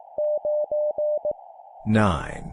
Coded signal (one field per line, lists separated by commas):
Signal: Morse code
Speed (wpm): 17 wpm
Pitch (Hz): 600 Hz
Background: speech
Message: 9E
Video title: 17wpm Repeat three times Random Number plus human voice, cw morse code course